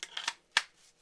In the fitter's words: as you can hear it snaps in really well